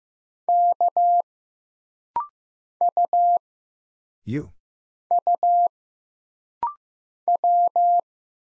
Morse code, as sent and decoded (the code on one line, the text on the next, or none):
-.- / ..- / ..- / .--
K U U W